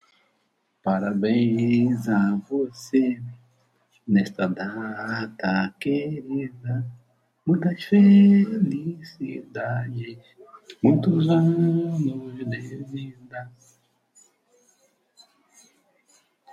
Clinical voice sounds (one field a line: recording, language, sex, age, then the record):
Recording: short text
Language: Brazilian Portuguese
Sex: male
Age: 60 to 69 years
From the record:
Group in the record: control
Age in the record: 66 years